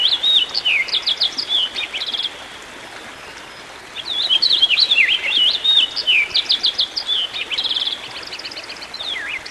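Songbird song: rapid varied phrases of high whistled slurs, trills and chirps, with a short quiet pause in the middle before singing resumes.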